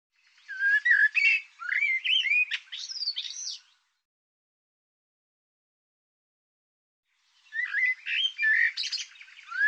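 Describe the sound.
Bird singing rapid, varied phrases of twisting whistles and chattering notes, one long burst, a pause of several seconds, then a second burst.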